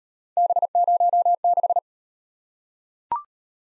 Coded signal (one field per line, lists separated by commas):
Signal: Morse code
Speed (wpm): 34 wpm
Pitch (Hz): 700 Hz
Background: none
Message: B06